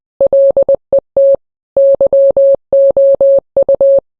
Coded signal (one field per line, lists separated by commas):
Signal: Morse code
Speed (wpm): 20 wpm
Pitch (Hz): 550 Hz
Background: none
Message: LET YOU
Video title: rickroll but Morse code version